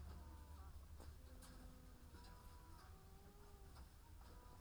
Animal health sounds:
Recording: poultry house recording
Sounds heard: sick chickens (respiratory disease)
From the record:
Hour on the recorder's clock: 15

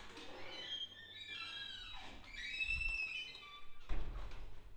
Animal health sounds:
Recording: poultry house recording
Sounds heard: no chicken sound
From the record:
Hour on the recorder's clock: 23

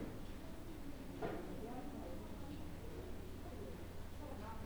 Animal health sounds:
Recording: poultry house recording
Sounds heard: no chicken sound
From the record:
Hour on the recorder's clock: 17

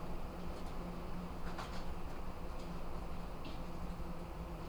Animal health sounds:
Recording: poultry house recording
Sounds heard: no chicken sound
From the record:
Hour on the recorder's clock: 21

